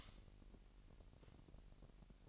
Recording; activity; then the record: daily activity, microphone in the room; light off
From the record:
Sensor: 4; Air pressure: 1002.7 hPa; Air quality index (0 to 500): 249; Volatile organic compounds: 14 ppm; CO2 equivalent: 2468 ppm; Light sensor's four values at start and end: 7/16/6/7 and 6/14/5/6